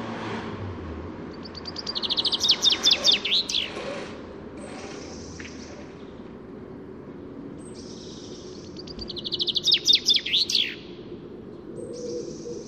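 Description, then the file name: Common chaffinch song: two bright trilled phrases, each ending in a quick flourish, about seven seconds apart, over a low background rumble. "Fringilla coelebs"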